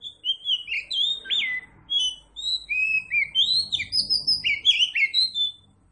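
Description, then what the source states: Oriental magpie-robin delivering a continuous, lively song of slurred whistles and rising and falling notes. Local type called Kacer Tretes; described as gacor, meaning singing vigorously.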